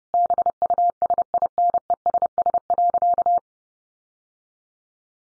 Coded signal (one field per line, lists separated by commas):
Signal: Morse code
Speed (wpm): 30 wpm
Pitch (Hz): 700 Hz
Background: none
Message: BUSINESS.